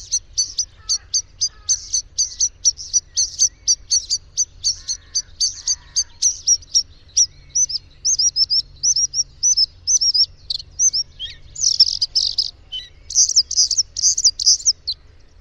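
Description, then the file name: Bluethroat song: a long run of rapid, ringing ticks, then breaks into varied chattering and buzzy phrases. "Gorgebleue a miroir"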